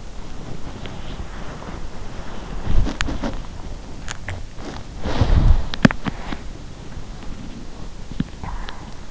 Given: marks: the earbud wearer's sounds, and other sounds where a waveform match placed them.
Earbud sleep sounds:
sounds in sleep by an in-ear microphone; body movement, teeth grinding, swallowing
0.00-9.03 s: body movement
3.66-4.69 s: teeth grinding
5.66-6.23 s: teeth grinding
7.89-9.03 s: swallowing

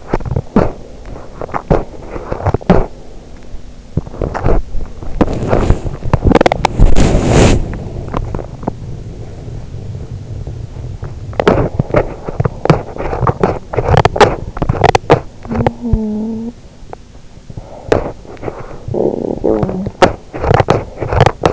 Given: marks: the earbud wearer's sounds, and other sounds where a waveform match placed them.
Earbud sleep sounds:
sounds in sleep by an in-ear microphone; teeth grinding, body movement, talking in sleep, breath
0.00-2.94 s: teeth grinding
3.02-8.80 s: teeth grinding
6.20-11.37 s: body movement
11.37-15.64 s: teeth grinding
15.64-16.75 s: talking in sleep
16.66-17.57 s: breath
17.57-19.29 s: talking in sleep
19.29-21.53 s: teeth grinding

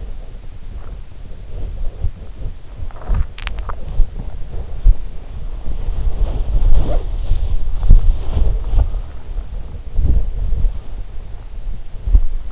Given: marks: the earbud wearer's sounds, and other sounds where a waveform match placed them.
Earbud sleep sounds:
sounds in sleep by an in-ear microphone; swallowing, body movement
0.65-1.09 s: swallowing
1.12-12.52 s: body movement
2.87-3.86 s: swallowing
7.78-8.89 s: swallowing

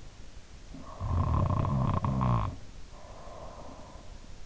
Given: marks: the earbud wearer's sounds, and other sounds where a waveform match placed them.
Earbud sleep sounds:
sounds in sleep by an in-ear microphone; snoring breath
0.47-4.09 s: snoring breath

